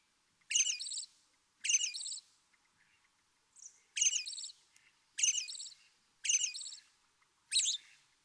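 American robin delivering six short, varied caroling phrases with a brief pause midway, plus a faint high note; calm background.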